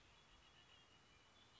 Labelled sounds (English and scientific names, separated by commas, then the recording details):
Red-winged Blackbird (Agelaius phoeniceus)
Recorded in Sonoma County, California